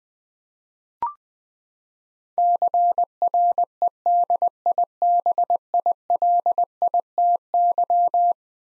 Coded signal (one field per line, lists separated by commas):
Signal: Morse code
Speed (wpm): 20 wpm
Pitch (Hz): 700 Hz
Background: none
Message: CREDIBILITY